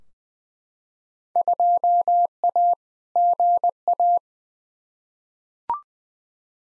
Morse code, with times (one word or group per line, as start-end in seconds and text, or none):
1.4-2.7 2A
3.2-4.2 GA